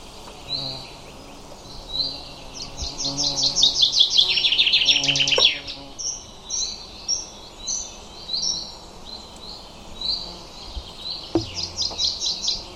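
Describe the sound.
Bird song: scattered soft high notes build into a loud rapid chirped trill, followed by lighter repeated notes and a short trill at the close.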